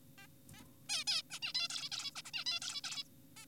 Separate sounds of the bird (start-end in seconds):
0.18-0.27, 0.54-0.63, 0.89-1.04, 1.08-1.22, 1.31-1.40, 1.42-1.53, 1.55-1.68, 1.70-1.90, 1.92-2.11, 2.16-2.22, 2.25-2.31, 2.34-2.44, 2.46-2.60, 2.62-2.81, 2.84-3.04, 3.37-3.46